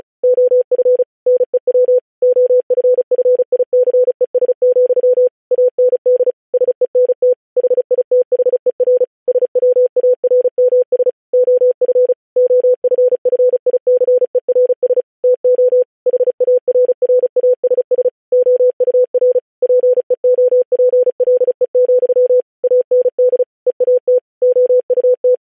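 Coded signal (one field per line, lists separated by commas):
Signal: Morse code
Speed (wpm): 36 wpm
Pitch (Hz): 500 Hz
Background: none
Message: OF NEW OFFICES, AND SENT HITHER SWARMS OF OFFICERS TO HARRASS OUR PEOPLE, AND EAT OUT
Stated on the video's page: Software-generated Morse at 35 WPM with standard spacing.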